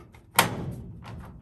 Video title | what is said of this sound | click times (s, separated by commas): 加湿器的滤芯更换方法-手把手教你更换加湿器water panel/pad的办法 | 我们要使劲往里推呢然后呢听到这个卡巴的声音就卡住了然后这时候我们往外拽一拽 | 0.4 s